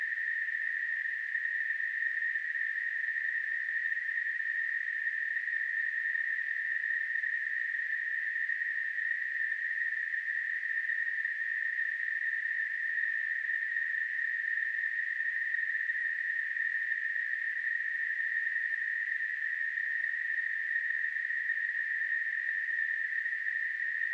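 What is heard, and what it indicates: A steady, unchanging hiss centered at a mid-high pitch runs the full 24 seconds at a constant level, with no pulses or pauses. This is a simulated noise-type tinnitus sound, imitating the constant ringing or hissing a person with tinnitus perceives.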